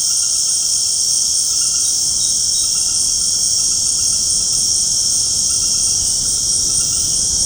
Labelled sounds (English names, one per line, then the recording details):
none
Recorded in secondary vegetation near Puerto Asís, Putumayo, Colombia, on 20 February 2024 at 19:30
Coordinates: 0.489, -76.322
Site G6419